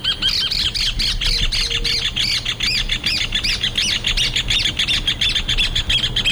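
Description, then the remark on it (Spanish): Two birds call back and forth in a rapid duet, usually the male starting and the female answering, with loud, repeated high chirps and squawky notes running continuously in an interlocking rhythm over low background rumble. “Ese es uno de los tipos de vocalizaciones que hace. Y empieza uno, en general es el macho, y después responde la hembra.”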